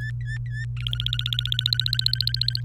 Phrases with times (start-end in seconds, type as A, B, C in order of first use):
0.00-0.65 A, 0.77-2.61 B